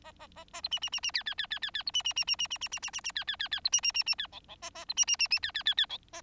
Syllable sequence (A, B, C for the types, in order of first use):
A A A A B C C C C D D D D D D B C C C C C C C C C C C D D D D B C C C C D E E A A B C C C C D D D D E A